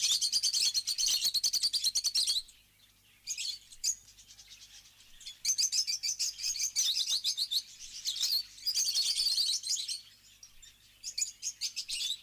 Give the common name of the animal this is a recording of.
Rosy-faced Lovebird